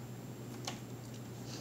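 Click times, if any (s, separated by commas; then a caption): 0.7 s. A power adapter key is pushed into the slot of a tablet wall dock, giving a single sharp click at 0.7 s as it pops in and seats snugly. Otherwise there is only a steady low hum and faint background noise.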